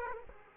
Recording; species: mosquito wingbeat signal from an infrared sensor; Aedes aegypti